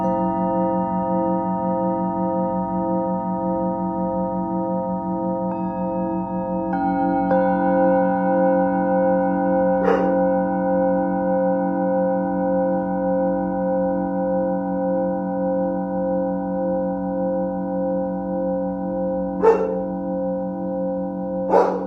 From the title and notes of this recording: 真夜中のTibetan Singing Bowl のサウンドヒーリング.